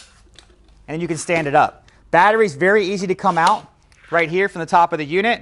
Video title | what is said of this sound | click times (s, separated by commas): Jazzy Ultra Light Folding Powerchair - Short Review | Now, what they do recommend is to take the cushion off because you'll actually physically hear it snap, and | 0.4 s